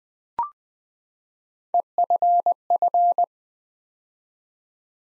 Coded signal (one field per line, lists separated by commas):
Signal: Morse code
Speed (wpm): 20 wpm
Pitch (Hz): 700 Hz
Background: none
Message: EFF